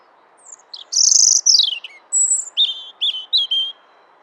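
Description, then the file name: European robin singing a varied, high-pitched phrase of thin whistles and rapid twittering notes, ending in a few short whistled notes, over quiet low background hiss. "Erithacus rubecula"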